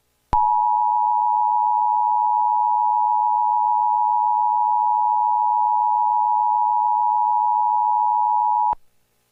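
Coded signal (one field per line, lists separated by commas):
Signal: Emergency Alert System (SAME) tones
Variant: 853 and 960 Hz attention tone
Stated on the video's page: Fictional EAS scenario of Nebraska flash floods.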